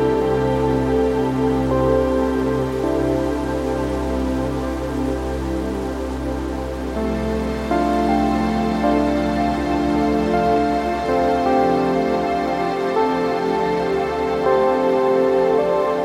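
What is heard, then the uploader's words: Soft, sustained music plays steadily with long held tones that layer over one another, shifting to a new chord around the eighth second. Underneath runs a low, constant rushing wind with a faint hiss like light rain, holding an even level throughout. Wind Sounds In Trees & Relaxing Music. The melodies of relaxing and delicate instrumental and slow music.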